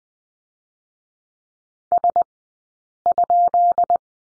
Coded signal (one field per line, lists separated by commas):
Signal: Morse code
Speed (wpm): 20 wpm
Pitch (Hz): 690 Hz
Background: none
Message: S?